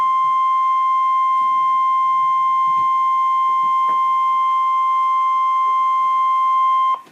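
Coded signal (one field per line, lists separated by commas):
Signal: Emergency Alert System (SAME) tones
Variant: 1050 Hz attention tone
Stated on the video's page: Live-streamed severe thunderstorm warning from NOAA Weather Radio station WXJ55, Little Rock office.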